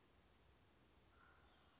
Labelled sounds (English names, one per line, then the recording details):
Wild Turkey
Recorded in Sonoma County, California